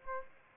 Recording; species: mosquito wingbeat signal from an infrared sensor; Aedes aegypti